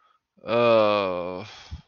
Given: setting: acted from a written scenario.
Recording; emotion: vocal sound without words; embarrassment